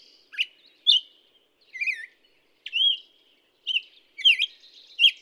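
Black-headed Grosbeak song: several separate whistled phrases, some slurred downward and some rising, with short silences between them.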